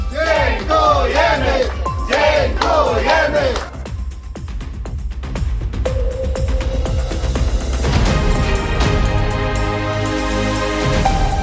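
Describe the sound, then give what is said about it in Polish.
A crowd of fans at Kraków airport welcomes Poland's women's volleyball team home from the United States with a Nations League bronze medal, chanting in rising, rhythmic shouts, then breaking into loud, sustained cheering with a steady roar of voices and a few held tones running underneath. “Polskie siatkarki wróciły ze Stanów Zjednoczonych z brązowym medalem Ligi Narodów na krakowskim lotnisku. Witał je tłum kibiców.”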